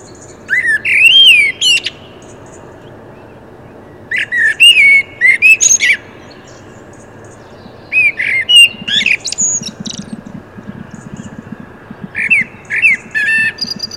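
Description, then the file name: Common blackbird song: four phrases of looping fluty whistles, each trailing into thin, squeaky high notes, spaced about four seconds apart. "Turdus merula"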